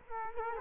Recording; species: mosquito wingbeat signal from an infrared sensor; Culex quinquefasciatus